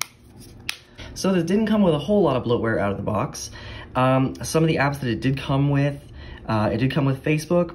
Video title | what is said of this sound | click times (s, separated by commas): TCL A1 Review! Cheapest Refurbished Smartphone! | our back panel just clicks right into place here. | 0.0 s, 0.7 s